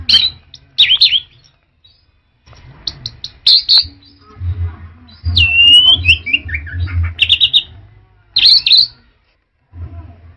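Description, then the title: Orange-headed thrush song: loud varied phrases of whistles and harsh notes, including a long descending slurred series, with brief pauses between bursts and a low hum beneath. Prolific, tireless champion singer. "Suara Burung Anis Merah Gacor Teler Doyorng Juara"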